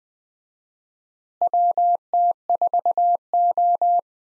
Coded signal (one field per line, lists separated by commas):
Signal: Morse code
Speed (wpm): 20 wpm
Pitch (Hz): 700 Hz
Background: none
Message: WT4O